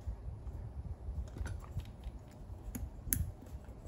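A plastic fuel pump strainer sock is pressed onto the inlet at the bottom of an in-tank fuel pump assembly during an LS swap fuel pump install on a 1988-1998 Chevy OBS truck. Faint handling taps and clicks come around 1.5–1.9 s and 2.8 s, followed by one sharp, loud snap at 3.1 s. The sock snaps into place and is seated.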